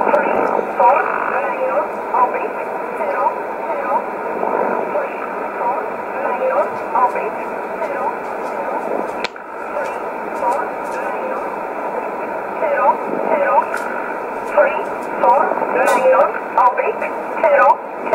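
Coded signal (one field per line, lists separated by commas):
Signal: numbers station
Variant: E11 Oblique, English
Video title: 20 05 2020 E11 Oblique Numbers station in English 0746 on 15720 unknown tx site in USB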